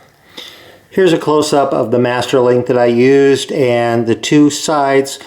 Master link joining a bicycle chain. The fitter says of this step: it locks into place like that.